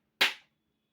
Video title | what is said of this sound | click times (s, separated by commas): Best Portable Laptop Stand - Portronics My Buddy Hexa 22 #LaptopStand #workingprofessionals | आवाज आई आपको, | 0.2 s